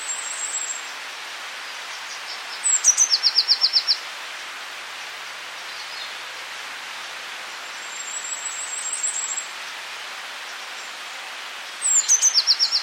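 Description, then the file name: Eurasian blue tit song: two phrases of high, thin notes ending in fast trills, with quieter high jingling phrases between them. "Cyanistes caeruleus"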